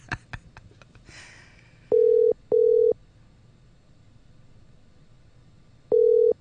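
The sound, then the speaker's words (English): A telephone call being placed live on air on the radio show Morning Brew: a few sharp clicks, then a steady mid-pitched phone tone sounds in two short back-to-back pulses, falls silent for a few seconds, and returns once more. No one speaks. “Listen, I'm going to call you right now, and you're going to pick up the phone because we're going to be live on air when I do it.”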